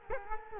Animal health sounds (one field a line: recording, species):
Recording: mosquito wingbeat signal from an infrared sensor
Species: Culex quinquefasciatus